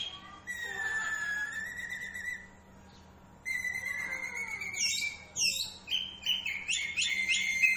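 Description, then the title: Oriental magpie-robin song, long drawn-out whistled notes broken by a short pause, then quick rising and falling chirps, over a soft constant low hum. Two Oriental magpie-robins (kacer) of different character, fired up and singing against each other in full bursts. "Kacer Langsung Tarung Konslet KACER NGOTOT FULL TEMBAKAN. Dua Kacer Berbeda Karakter"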